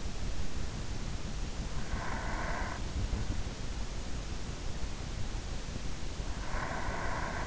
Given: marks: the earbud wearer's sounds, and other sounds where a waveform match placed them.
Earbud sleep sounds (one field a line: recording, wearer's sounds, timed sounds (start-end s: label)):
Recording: sounds in sleep by an in-ear microphone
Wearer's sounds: breath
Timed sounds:
1.57-3.70 s: breath
5.80-7.47 s: breath